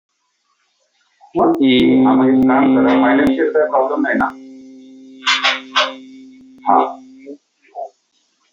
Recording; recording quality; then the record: sustained vowel as in beet; moderate, slight background noise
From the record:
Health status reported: exposed to COVID-19, no respiratory illness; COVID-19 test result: not tested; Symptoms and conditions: none ticked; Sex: male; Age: 31 years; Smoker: not ticked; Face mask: not worn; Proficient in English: yes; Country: India